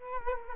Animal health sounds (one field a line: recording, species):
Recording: mosquito wingbeat signal from an infrared sensor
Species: Culex quinquefasciatus